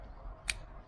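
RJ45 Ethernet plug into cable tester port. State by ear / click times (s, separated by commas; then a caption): seated / 0.5 s. A freshly crimped RJ45 Ethernet plug, a plastic connector with a latch clip, is pushed into a cable tester socket. A single short, sharp click sounds at 0.5 s over quiet low background noise as the plug seats. The plug is confirmed seated in the tester port.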